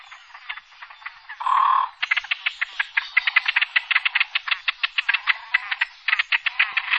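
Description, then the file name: Great crested grebe calls: one loud harsh croak, followed by a fast, uneven run of rasping, rattling pulses. "fuut"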